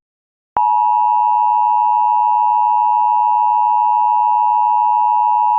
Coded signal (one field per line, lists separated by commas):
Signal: Emergency Alert System (SAME) tones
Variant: 853 and 960 Hz attention tone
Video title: EAS - Water Backup